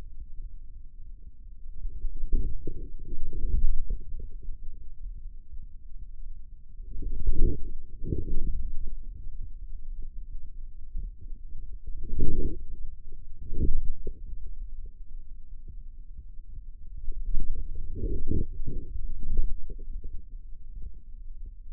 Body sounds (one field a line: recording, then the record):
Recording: forearm muscle sounds (acoustic myography)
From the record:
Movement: inward rotation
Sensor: system 2, bracelet of six BSWA MPA416 microphones around the upper forearm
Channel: 6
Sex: male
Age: 22 years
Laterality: right